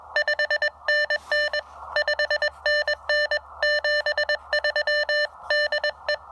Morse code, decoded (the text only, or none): 5NN 5NN 73 DE